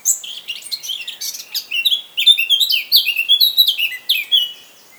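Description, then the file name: Eurasian blackcap song, a dense sequence of rapid warbled and whistled notes, scratchy at the start and becoming clearer and fluty. "Sylvia atricapilla"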